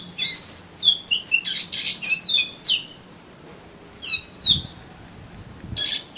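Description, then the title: Oriental magpie-robin singing a quick medley of whistles, chips and slurred notes, then falling silent before a few scattered notes. "Kacer Kacer"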